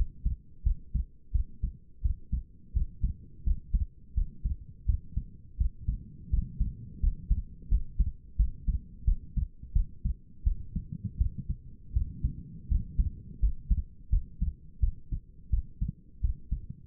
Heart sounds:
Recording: heart sounds by stethoscope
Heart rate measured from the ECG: 85 bpm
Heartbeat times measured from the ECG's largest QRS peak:
0.64 s: heartbeat
1.32 s: heartbeat
2.02 s: heartbeat
2.73 s: heartbeat
3.44 s: heartbeat
4.14 s: heartbeat
4.86 s: heartbeat
5.58 s: heartbeat
6.30 s: heartbeat
7.00 s: heartbeat
7.69 s: heartbeat
8.37 s: heartbeat
9.05 s: heartbeat
9.73 s: heartbeat
10.44 s: heartbeat
11.18 s: heartbeat
11.93 s: heartbeat
12.68 s: heartbeat
13.40 s: heartbeat
14.10 s: heartbeat
14.80 s: heartbeat
15.50 s: heartbeat
16.21 s: heartbeat
From the record:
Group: healthy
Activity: rest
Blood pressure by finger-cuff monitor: 130/81 mmHg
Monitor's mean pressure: 97 mmHg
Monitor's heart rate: 86 bpm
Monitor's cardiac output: 6.2 L/min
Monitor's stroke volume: 73 mL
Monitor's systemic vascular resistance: 1140 dyn s/cm5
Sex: female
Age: 37 years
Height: 168 cm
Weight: 70 kg

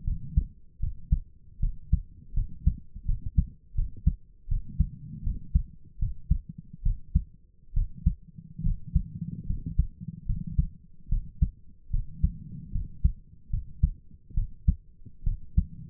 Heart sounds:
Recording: heart sounds by stethoscope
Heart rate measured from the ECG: 75 bpm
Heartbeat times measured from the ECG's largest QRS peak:
0.04 s: heartbeat
0.79 s: heartbeat
1.59 s: heartbeat
2.33 s: heartbeat
3.05 s: heartbeat
3.74 s: heartbeat
4.48 s: heartbeat
5.23 s: heartbeat
5.99 s: heartbeat
6.82 s: heartbeat
7.73 s: heartbeat
8.62 s: heartbeat
9.46 s: heartbeat
10.25 s: heartbeat
11.08 s: heartbeat
11.90 s: heartbeat
12.71 s: heartbeat
13.50 s: heartbeat
14.34 s: heartbeat
15.23 s: heartbeat
From the record:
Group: healthy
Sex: female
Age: 22 years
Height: 154 cm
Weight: 58.7 kg

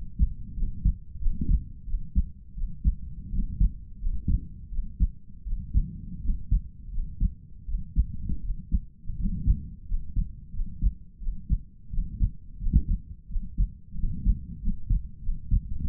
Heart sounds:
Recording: heart sounds by stethoscope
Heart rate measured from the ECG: 86 bpm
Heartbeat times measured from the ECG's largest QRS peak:
0.55 s: heartbeat
1.18 s: heartbeat
1.85 s: heartbeat
2.55 s: heartbeat
3.30 s: heartbeat
3.99 s: heartbeat
4.70 s: heartbeat
5.44 s: heartbeat
6.21 s: heartbeat
6.90 s: heartbeat
7.66 s: heartbeat
8.41 s: heartbeat
9.17 s: heartbeat
9.86 s: heartbeat
10.52 s: heartbeat
11.19 s: heartbeat
11.90 s: heartbeat
12.59 s: heartbeat
13.28 s: heartbeat
13.96 s: heartbeat
14.60 s: heartbeat
15.21 s: heartbeat
15.86 s: heartbeat
From the record:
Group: healthy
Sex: male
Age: 22 years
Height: 181 cm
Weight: 60 kg

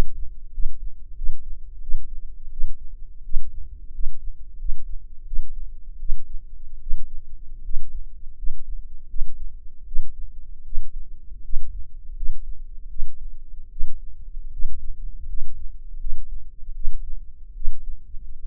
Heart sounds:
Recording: heart sounds by microphone in the left ear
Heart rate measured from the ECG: 81 bpm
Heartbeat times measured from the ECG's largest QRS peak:
0.52 s: heartbeat
1.15 s: heartbeat
1.81 s: heartbeat
2.50 s: heartbeat
3.23 s: heartbeat
3.92 s: heartbeat
4.58 s: heartbeat
5.25 s: heartbeat
5.98 s: heartbeat
6.80 s: heartbeat
7.63 s: heartbeat
8.36 s: heartbeat
9.07 s: heartbeat
9.85 s: heartbeat
10.64 s: heartbeat
11.42 s: heartbeat
12.14 s: heartbeat
12.88 s: heartbeat
13.69 s: heartbeat
14.51 s: heartbeat
15.27 s: heartbeat
15.98 s: heartbeat
16.73 s: heartbeat
17.53 s: heartbeat
18.39 s: heartbeat
From the record:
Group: healthy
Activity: rest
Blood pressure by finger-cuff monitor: 138/80 mmHg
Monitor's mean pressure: 100 mmHg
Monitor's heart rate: 82 bpm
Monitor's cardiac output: 7 L/min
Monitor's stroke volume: 88 mL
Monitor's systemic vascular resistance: 1010 dyn s/cm5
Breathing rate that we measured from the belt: 16 breaths a minute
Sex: male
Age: 21 years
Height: 180 cm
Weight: 67.5 kg

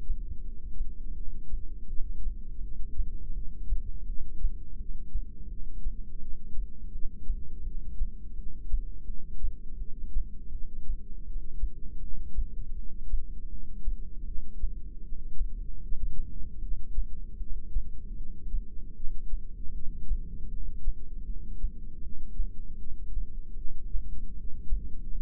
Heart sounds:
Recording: heart sounds by microphone in the left ear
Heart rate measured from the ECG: 80 bpm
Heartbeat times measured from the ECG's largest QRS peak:
0.42 s: heartbeat
1.14 s: heartbeat
1.87 s: heartbeat
2.60 s: heartbeat
3.34 s: heartbeat
4.06 s: heartbeat
4.77 s: heartbeat
5.48 s: heartbeat
6.20 s: heartbeat
6.92 s: heartbeat
7.64 s: heartbeat
8.35 s: heartbeat
9.06 s: heartbeat
9.78 s: heartbeat
10.51 s: heartbeat
11.25 s: heartbeat
12.00 s: heartbeat
12.75 s: heartbeat
13.49 s: heartbeat
14.25 s: heartbeat
15.02 s: heartbeat
15.81 s: heartbeat
16.60 s: heartbeat
17.38 s: heartbeat
18.16 s: heartbeat
18.95 s: heartbeat
19.73 s: heartbeat
20.50 s: heartbeat
21.26 s: heartbeat
22.01 s: heartbeat
22.78 s: heartbeat
23.56 s: heartbeat
24.34 s: heartbeat
25.12 s: heartbeat
From the record:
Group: heart failure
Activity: rest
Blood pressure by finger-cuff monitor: 166/103 mmHg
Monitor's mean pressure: 127 mmHg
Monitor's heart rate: 80 bpm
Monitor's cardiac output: 8.6 L/min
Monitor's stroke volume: 108 mL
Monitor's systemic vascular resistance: 1100 dyn s/cm5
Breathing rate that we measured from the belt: 14 breaths a minute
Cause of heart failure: non-ischemic cardiomyopathy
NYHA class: 1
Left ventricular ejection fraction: 62%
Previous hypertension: present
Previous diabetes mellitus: present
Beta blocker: bisoprolol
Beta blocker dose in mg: 10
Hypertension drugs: sacubitril-valsartan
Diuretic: furosemide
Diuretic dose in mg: 20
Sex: male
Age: 49 years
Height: 167 cm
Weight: 110 kg

